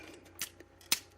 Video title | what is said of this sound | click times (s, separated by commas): #220 G1 OCTANE Tight Shoulder Fix | make sure it's snapped into place there | 0.9 s